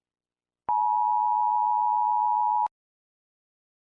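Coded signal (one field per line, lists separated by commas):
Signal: Emergency Alert System (SAME) tones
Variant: 853 and 960 Hz attention tone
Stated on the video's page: Simulated tornado EAS scenario.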